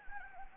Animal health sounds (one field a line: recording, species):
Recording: mosquito wingbeat signal from an infrared sensor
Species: Anopheles arabiensis